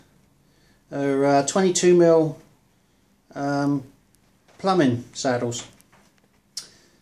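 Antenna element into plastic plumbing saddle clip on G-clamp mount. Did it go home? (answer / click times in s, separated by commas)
yes / 6.6 s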